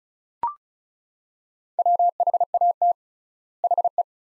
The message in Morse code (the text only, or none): WHAT HE